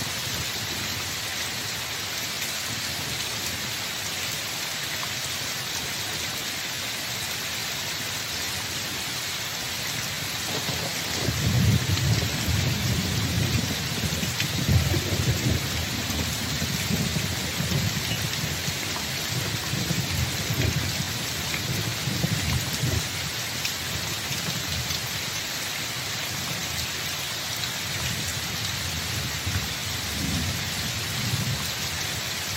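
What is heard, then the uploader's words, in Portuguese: Steady, dense rain falls in a misty forest, a constant hiss filling the whole clip. From about eleven seconds a low rolling thunder rumbles in and lingers, swelling again near fifteen and thirty seconds before easing back under the rain. Som de Chuva com Trovões na Floresta Nebulosa.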